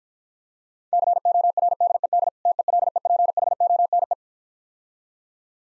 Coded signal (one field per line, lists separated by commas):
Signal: Morse code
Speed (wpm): 52 wpm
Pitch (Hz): 700 Hz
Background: none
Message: CORDED TELEPHONE